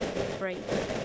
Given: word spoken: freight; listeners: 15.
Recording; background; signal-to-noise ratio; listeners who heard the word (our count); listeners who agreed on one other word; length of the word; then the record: one English word in noise, from a listening test; noise modulated by three-talker babble; -5.1 dB; 1 of 15; 12 of 15; 0.65 s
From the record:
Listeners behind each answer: 12, 1, 1, 1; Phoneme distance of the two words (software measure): 20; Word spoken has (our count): 1 syllable, 4 phonemes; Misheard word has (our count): 1 syllable, 4 phonemes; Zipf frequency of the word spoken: 3.37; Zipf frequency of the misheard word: 5.23